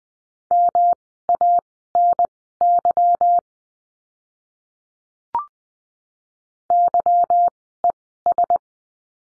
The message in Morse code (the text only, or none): MANY YES